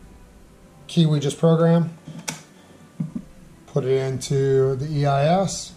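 Someone talks while a newly programmed slot key is handled toward a removed Mercedes electronic ignition switch (EIS), with a brief sharp tap near 2.3 s and a softer knock at 3.0 s between the words. The key has not yet gone home; nothing has seated or clicked in the ignition switch yet.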